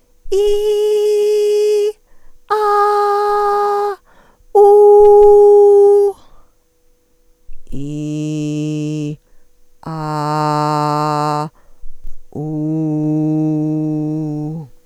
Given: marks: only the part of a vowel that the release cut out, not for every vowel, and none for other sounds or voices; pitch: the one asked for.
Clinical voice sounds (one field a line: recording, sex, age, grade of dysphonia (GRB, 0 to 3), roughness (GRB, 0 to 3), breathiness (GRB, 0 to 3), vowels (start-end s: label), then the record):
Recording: sustained vowels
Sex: female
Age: 50 to 59 years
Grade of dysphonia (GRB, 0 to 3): 0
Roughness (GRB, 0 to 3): 0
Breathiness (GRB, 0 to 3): 0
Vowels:
0.37-1.85 s: vowel /i/, high pitch
2.54-3.27 s: vowel /a/, high pitch
5.38-6.04 s: vowel /u/, high pitch
7.89-9.06 s: vowel /i/, low pitch
10.00-11.39 s: vowel /a/, low pitch
12.49-14.48 s: vowel /u/, low pitch
From the record:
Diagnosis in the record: dysphonia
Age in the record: 51 years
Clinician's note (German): Ponogen, multifaktoriell